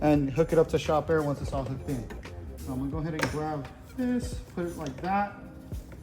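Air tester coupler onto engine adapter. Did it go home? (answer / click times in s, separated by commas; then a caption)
no / none. A shop-air tester coupler is handled and lined up with the two gaps on a Jeep engine adapter so its teeth will clip on, but nothing has seated or clicked yet. Someone talks throughout over background music, with two faint, brief sounds near the end at about 5.9 and 6.0 seconds.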